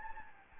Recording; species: mosquito wingbeat signal from an infrared sensor; Anopheles gambiae